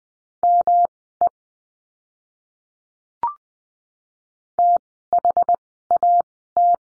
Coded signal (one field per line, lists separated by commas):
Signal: Morse code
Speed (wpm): 20 wpm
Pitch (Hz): 700 Hz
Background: none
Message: ME THAT